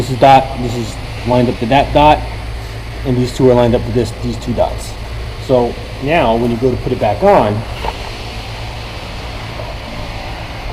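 Someone talks while the timing chain and sprockets of a Nissan/Infiniti 3.5L, 3.7L or 4.0L V6 engine are lined up by their dots before being put back on the camshafts, over a steady low hum. Nothing has seated or clicked yet.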